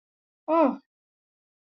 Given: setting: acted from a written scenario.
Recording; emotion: vocal sound without words; neutral